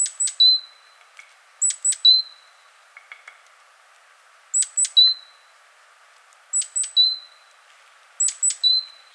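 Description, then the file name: Great tit call: two very high, thin notes followed by a lower, clear whistled note, a three-note phrase repeated five times at irregular intervals of about one and a half to three seconds. "Parus major"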